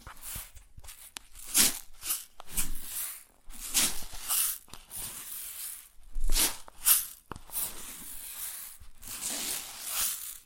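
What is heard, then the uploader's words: Grains rustle and shift in irregular bursts of bright, hissy crackle, some long and smeared, others short and sharp. Louder surges come near 1.5, 4 and 6.5 seconds, with brief crisp ticks between them and a few near-silent gaps. ASMR Grain Sounds (No Talking).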